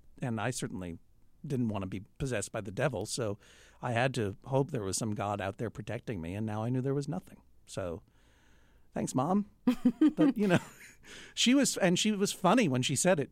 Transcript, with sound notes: And I certainly didn't want to be possessed by the devil, so I had to hope there was some God out there protecting me. And now I knew there was nothing. So thanks, Mom.
(Laughter).
But you know, she was - and she was funny when she said it, too.